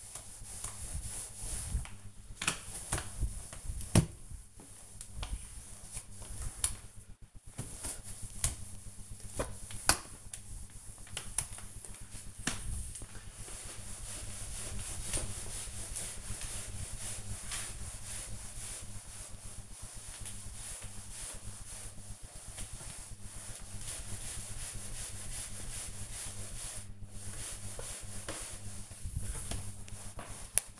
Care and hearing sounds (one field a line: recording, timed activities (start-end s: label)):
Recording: household activities, microphone on the right wrist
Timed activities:
0.00-30.80 s: floor cleaning